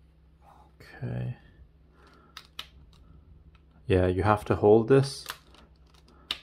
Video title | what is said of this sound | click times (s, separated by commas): Yovikin Water Flosser USB Cordless Unboxing | then click into place | 6.3 s